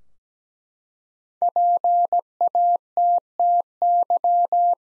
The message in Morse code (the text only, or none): PATTY